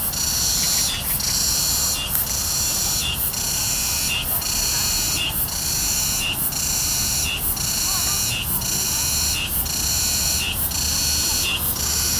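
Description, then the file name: Cicadas calling in a dense, high-pitched rasping buzz that swells in pulses about once a second, over a steady low rumble. Recorded in China. "Cicadas from China"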